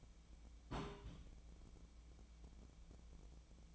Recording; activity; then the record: daily activity, microphone in the room; place on stove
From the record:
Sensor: 1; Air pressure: 1010.0 hPa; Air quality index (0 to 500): 187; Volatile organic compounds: 16 ppm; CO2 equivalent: 2562 ppm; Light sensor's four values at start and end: 37/94/39/47 and 36/93/39/47